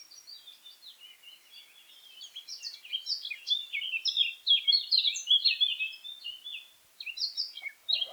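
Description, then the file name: Eurasian blackcap song, a long rambling warble that starts soft and grows louder into rapid varied chirps, followed by a brief break and another burst. "Sylvia atricapilla"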